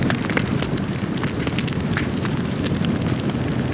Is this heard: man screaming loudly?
no